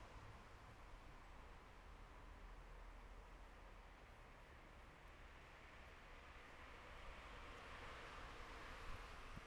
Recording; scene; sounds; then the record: everyday scene through a hearing-aid microphone; in traffic; traffic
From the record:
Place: bus stop on a city main road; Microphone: behind the ear, left, rear